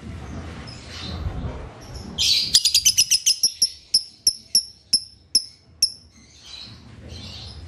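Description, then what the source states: Lovebird chirping: a quick burst of sharp high notes that slows into evenly spaced chirps, with hissing background noise before and after. Training recording for tutoring lovebirds; song style called konslet.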